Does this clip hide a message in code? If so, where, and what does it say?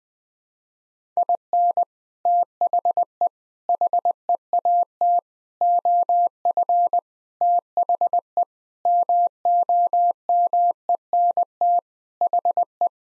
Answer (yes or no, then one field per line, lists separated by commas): yes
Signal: Morse code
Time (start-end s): 1.2-12.9 s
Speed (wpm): 19 wpm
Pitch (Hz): 700 Hz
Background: none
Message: IN THE HEAT OF THE MOMENT HE